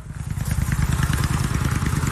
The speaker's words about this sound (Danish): Jeg tror, de der motorcykler, der kører, jeg tror ikke, det er så slemt.